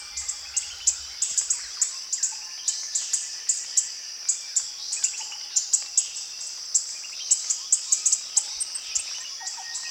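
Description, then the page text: Orange-bellied flowerpecker calls: sharp, high ticking notes repeated in quick series over a constant shrill insect drone. Recorded at Danum. "Sound of Orange-bellied Flowerpecker at Danum by EDWARDS, David"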